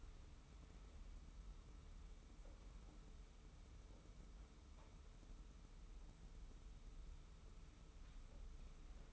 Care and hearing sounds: daily activity, microphone in the room; wipe stove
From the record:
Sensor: 1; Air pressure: 991.4 hPa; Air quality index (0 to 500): 130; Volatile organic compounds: 403 ppm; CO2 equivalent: 4676 ppm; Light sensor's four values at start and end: 41/127/51/52 and 41/128/51/52

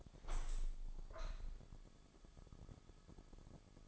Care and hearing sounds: daily activity, microphone in the room; open window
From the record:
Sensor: 5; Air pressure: 1000.6 hPa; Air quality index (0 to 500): 154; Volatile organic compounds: 2 ppm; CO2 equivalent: 1179 ppm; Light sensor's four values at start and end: 39/92/38/42 and 39/92/38/42

